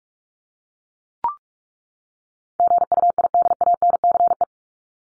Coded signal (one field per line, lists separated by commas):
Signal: Morse code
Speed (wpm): 44 wpm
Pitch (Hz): 700 Hz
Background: none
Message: GUIDANCE